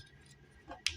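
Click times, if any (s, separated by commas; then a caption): 0.9 s. A plastic leg panel on an Iron Factory IF-EX 34N Alkaid (IDW Helex in Tarn colors) action figure is brought up and snapped down into the figure's leg. A soft knock at about 0.7 s comes just before a sharp, bright plastic click at 0.9 s. The panel seats firmly and the legs are complete.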